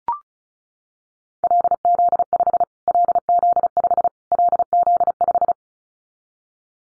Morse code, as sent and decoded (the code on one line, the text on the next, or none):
.-.. --.. ..... / .-.. --.. ..... / .-.. --.. .....
LZ5 LZ5 LZ5